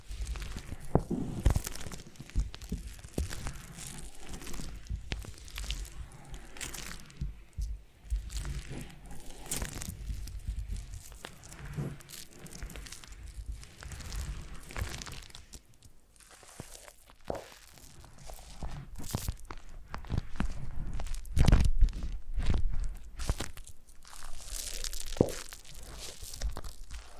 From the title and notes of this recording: ASMR Brain Melting Foam Massage for Sleep (No Talking).